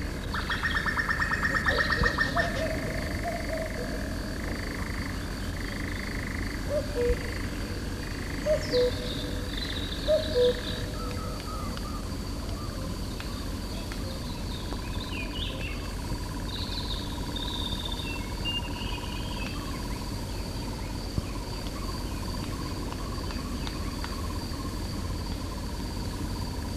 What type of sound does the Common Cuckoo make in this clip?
song